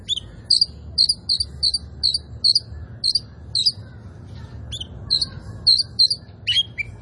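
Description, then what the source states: Oriental magpie-robin song of steady, rapidly repeated high chirped notes in quick runs, ending with a falling whistle. Local Indonesian name kacer poci; described as gacor, singing vigorously.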